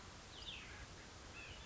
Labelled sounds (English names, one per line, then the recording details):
Cassin's Vireo
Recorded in Sonoma County, California